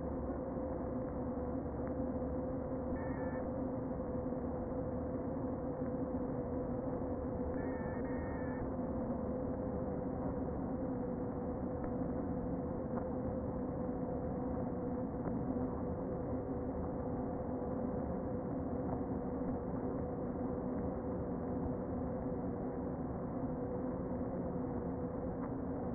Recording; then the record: honeybee colony, microphone inside the hive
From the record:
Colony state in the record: queen present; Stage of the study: before two queens were removed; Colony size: about 60,000 bees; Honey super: yes